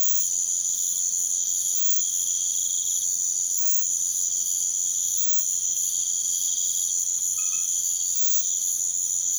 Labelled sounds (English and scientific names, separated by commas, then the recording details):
none
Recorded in pastures near Puerto Asís, Putumayo, Colombia, on 28 February 2025 at 01:30
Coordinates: 0.505, -76.324
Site GP08